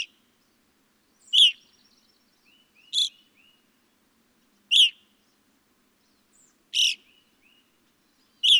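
Evening grosbeak calling: several sharp, piercing chirps at uneven intervals, with faint, short whistled notes between some of them.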